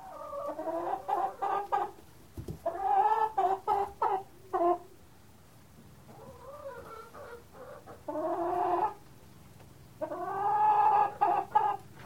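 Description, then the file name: Chicken clucking in short bursts of throaty, harmonic notes, several quick clucks per burst, with brief quiet gaps between groups. "Sound Ideas 2000 Series. Chicken Cluck"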